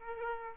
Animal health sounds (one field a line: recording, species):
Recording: mosquito wingbeat signal from an infrared sensor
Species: Aedes aegypti